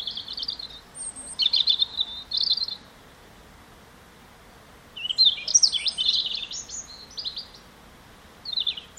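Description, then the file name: European robin song: a short sparkling phrase, a pause, then a longer tumbling phrase of quick high notes that swoop up and down, and a brief final snatch. "Erithacus rubecula"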